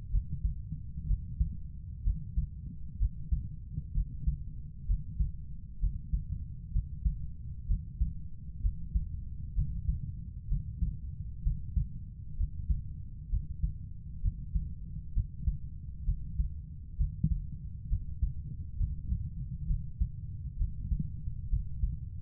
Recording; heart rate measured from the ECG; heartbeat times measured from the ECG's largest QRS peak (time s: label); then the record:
heart sounds by stethoscope; 65 bpm
0.11 s: heartbeat
1.07 s: heartbeat
2.04 s: heartbeat
2.99 s: heartbeat
3.94 s: heartbeat
4.87 s: heartbeat
5.80 s: heartbeat
6.72 s: heartbeat
7.67 s: heartbeat
8.62 s: heartbeat
9.55 s: heartbeat
10.48 s: heartbeat
11.43 s: heartbeat
12.37 s: heartbeat
13.30 s: heartbeat
14.22 s: heartbeat
15.14 s: heartbeat
16.05 s: heartbeat
16.97 s: heartbeat
17.89 s: heartbeat
18.78 s: heartbeat
19.67 s: heartbeat
20.58 s: heartbeat
21.50 s: heartbeat
From the record:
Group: healthy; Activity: Valsalva maneuver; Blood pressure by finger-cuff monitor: 112/58 mmHg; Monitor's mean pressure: 78 mmHg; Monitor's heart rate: 65 bpm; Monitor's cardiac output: 6.9 L/min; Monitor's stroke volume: 108 mL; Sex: female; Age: 22 years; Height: 160 cm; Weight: 63 kg